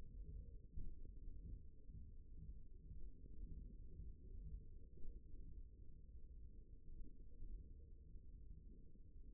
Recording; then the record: forearm muscle sounds (acoustic myography)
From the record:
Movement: hook grip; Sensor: system 1, eight BSWA MPA416 microphones around the upper forearm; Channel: 4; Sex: male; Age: 54 years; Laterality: right